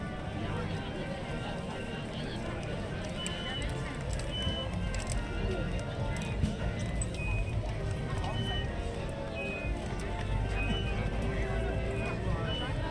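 The Main Street Electrical Parade fills the clip with a dense, steady wash of crowd chatter and low rumble throughout. Short high tones and chirps pop out every second or two, with occasional sharp clicks and taps scattered across the thirteen seconds.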